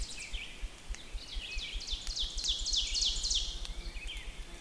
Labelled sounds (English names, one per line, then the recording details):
Ovenbird song
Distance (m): 35 m
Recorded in boreal forest in Alberta, Canada, on 6 June 2016 at 06:16
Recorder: SongMeter 3, array SBT-3-51
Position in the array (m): 248 m, 205 m
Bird 28